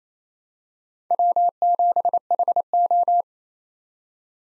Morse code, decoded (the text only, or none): W7HO